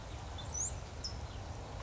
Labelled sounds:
California Towhee
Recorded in Sonoma County, California

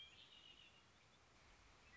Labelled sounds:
Red-winged Blackbird
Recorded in Sonoma County, California

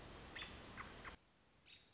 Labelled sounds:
American Robin
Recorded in Sonoma County, California

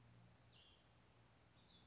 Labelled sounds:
Cassin's Vireo
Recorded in Sonoma County, California

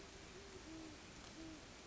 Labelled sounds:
Great Horned Owl
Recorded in Sonoma County, California

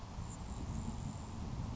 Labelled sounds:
Grasshopper Sparrow
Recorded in Sonoma County, California

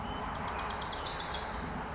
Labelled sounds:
Wilson's Warbler
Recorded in Sonoma County, California

